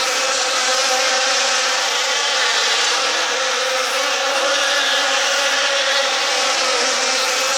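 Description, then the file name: Insect swarm droning continuously, many overlapping buzzing wings forming a thick, wavering hum with no pauses. "Hollywood Sound Effects - Insects - Swarm Sound Effect"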